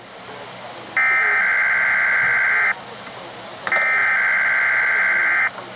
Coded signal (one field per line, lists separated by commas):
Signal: Emergency Alert System (SAME) tones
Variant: header bursts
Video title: FAILED WWF34 RWT! (EAS #4) (This channel is temorairly offline?)